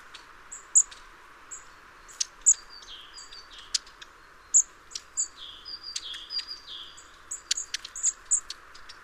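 Long-tailed tit calls: very high, thin see-see notes and sharp clicking ticks, scattered irregularly with brief pauses, against a faint background hiss.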